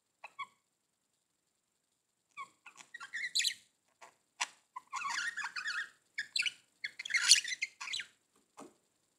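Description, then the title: Budgerigar warble: sparse squeaks at first, building into busy runs of buzzy chirps, clicks and squeaky notes with short gaps between phrases. "Budgie Sounds"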